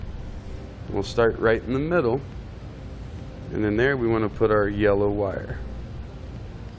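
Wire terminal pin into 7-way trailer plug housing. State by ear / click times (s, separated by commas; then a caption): not seated / none. A man talks while handling the yellow wire's terminal pin for the middle cavity of a 7-way trailer plug housing, with the release tab facing up, on a T-One vehicle wiring harness being installed on a 2016 Ford Explorer. Nothing has seated or clicked into the housing yet.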